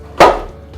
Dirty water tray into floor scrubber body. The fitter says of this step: Push it into place and that'll just lock